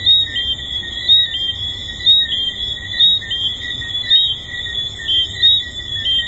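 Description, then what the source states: Tree frogs calling in a thick, continuous high-pitched chorus, with overlapping short whistled notes throughout. Tree frogs recorded at Hedonism II resort.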